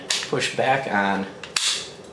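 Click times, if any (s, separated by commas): 1.6 s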